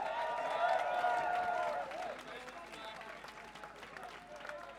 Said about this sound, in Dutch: Mag ik nog één applaus, alsjeblieft?